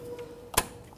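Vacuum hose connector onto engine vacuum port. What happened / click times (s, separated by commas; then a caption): The plastic hose connector snapped onto its port / 0.6 s. After gentle prying, a plastic vacuum hose connector is pushed fully onto its engine vacuum port on a 1998-2011 Ford Ranger 4.0L V6 during a thermostat housing replacement. A single sharp click at 0.6 s rises over a faint steady tone as the connector snaps home, and it is confirmed seated.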